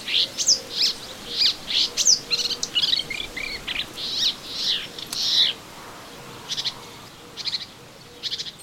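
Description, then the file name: Melodious warbler song, a fast chattering run of varied high chirps and short warbled phrases, pausing briefly before fainter notes near the end; a low faint hum underneath. Recorded in a garden on 25 June 2017. "Orpheusspötter 2017 06 25 Garten"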